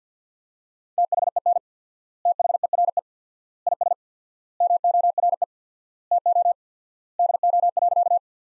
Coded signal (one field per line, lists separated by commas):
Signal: Morse code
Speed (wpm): 50 wpm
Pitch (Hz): 700 Hz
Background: none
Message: THEN THERE IS MORE TO DO.